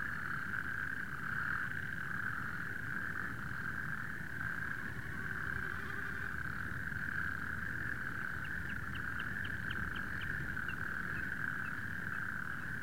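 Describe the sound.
Natterjack toads calling together in a continuous rattling trill, with a short series of faint higher ticks partway through and low background rumble.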